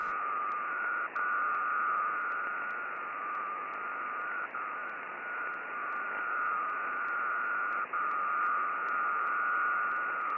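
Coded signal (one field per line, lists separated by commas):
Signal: HF data modem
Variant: PACTOR-II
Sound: continuous dual-tone warbling data signal with short dropouts every few seconds, over hiss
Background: radio static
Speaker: As a tribute to Switzerland, HB Swisscom Impactor 2, the traffic system.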